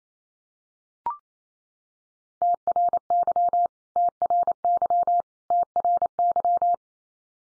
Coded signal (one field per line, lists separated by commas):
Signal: Morse code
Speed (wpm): 28 wpm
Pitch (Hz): 700 Hz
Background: none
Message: TRY TRY TRY